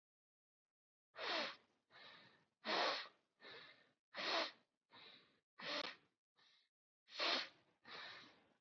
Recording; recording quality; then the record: shallow breathing; excellent, no background noise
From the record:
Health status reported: healthy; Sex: male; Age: 28 years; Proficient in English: yes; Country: India